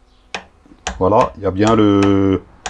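A click-type torque wrench, its square drive clamped in a vise, is pulled in the tightening direction until it breaks over with a short, sharp metallic click at 0.3 s, confirming the set torque has been reached. Afterward someone talks, and further ticks are heard around 0.9 s and near the end.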